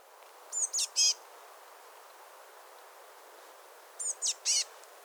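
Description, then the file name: Eurasian blue tit giving two call phrases: a couple of thin, high piping notes followed by a scratchy buzz, separated by a few seconds of quiet. "Cyanistes caeruleus"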